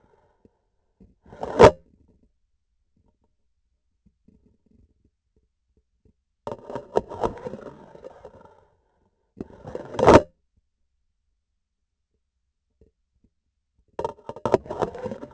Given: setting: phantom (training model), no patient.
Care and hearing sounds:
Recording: laparoscopic instrument, vibration sensor on the handle end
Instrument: grasping forceps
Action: insertion and removal through the trocar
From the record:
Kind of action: spatial motion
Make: other than Olympus

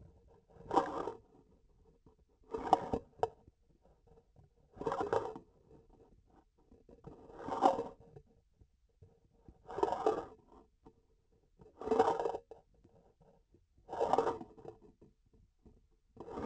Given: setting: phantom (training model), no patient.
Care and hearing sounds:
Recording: laparoscopic instrument, vibration sensor on the handle end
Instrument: grasping forceps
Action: approaching and retracting movements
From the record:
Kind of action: spatial motion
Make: Olympus

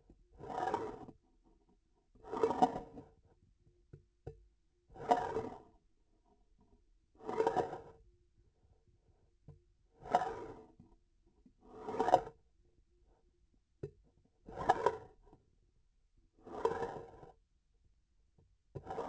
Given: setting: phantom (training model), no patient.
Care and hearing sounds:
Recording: laparoscopic instrument, vibration sensor on the handle end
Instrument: grasping forceps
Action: approaching and retracting movements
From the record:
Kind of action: spatial motion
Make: Olympus

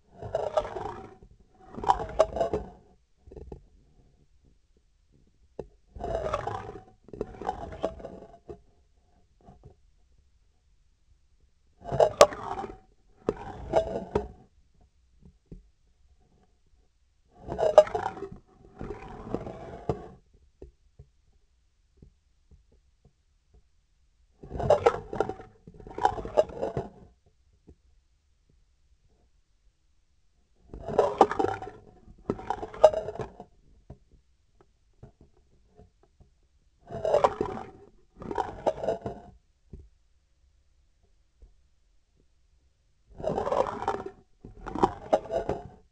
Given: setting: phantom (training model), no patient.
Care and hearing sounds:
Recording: laparoscopic instrument, vibration sensor on the handle end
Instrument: scissors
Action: approaching and retracting movements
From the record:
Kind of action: spatial motion

